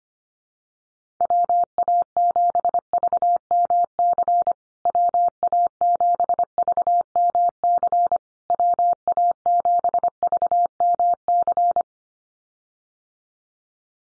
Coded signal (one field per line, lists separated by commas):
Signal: Morse code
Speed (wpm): 25 wpm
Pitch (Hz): 700 Hz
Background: none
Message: WA7VMC WA7VMC WA7VMC